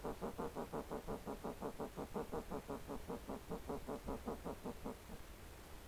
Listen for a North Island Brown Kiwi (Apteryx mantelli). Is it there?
no